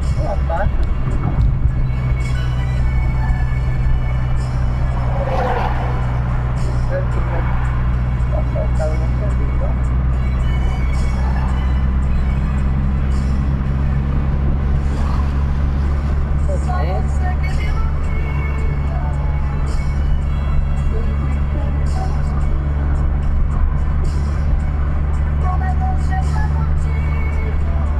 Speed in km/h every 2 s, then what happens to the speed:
52, 53, 53, 55, 57, 58, 62, 64, 65, 64, 65, 65, 67, 68.
0-9 steady at about 53. 9-13 speeds up to 64. 13-28 steady at about 65.